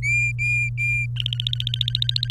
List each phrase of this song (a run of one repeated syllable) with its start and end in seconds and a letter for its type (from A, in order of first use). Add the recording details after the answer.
0.03-1.06 A, 1.16-2.31 B. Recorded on 23 April 2018 at 15:18. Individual llb3